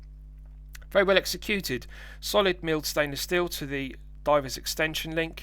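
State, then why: Seated. The solid milled stainless steel diver's extension link inside the deployant clasp of an Omega Seamaster Planet Ocean Co-Axial Master Chronometer 43.5mm watch bracelet is pressed out and gives a short, sharp click at 0.8 s as it locks into its extended position. Someone then talks over a steady low hum.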